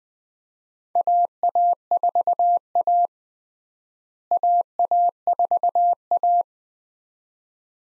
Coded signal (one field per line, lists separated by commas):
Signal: Morse code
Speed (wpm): 20 wpm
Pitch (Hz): 700 Hz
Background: none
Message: AA4A AA4A